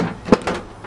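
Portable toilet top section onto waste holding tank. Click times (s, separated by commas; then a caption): 0.5 s. The upper seat and bowl section of a plastic Thetford Porta Potti portable toilet is lowered onto its waste holding tank and pushed down. It snaps into place with a sharp click at 0.5 seconds, and a faint tick follows near the end. The two halves are latched together and seated.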